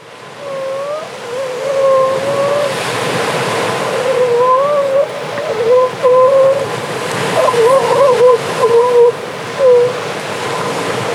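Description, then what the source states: Grey seals moaning and wailing in wavering tones, several calls rising and falling, with a busier squabbling burst near the end over constant surf. Grey seals squabbling at Horsey Gap.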